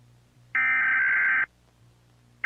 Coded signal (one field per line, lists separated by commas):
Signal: Emergency Alert System (SAME) tones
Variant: header bursts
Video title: EAS Scenario - Silent Eclipse (EPILEPSY WARNING)